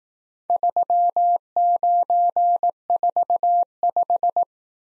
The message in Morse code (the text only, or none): 3945